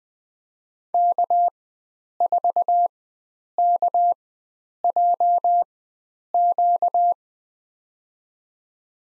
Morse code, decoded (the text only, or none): K4KJQ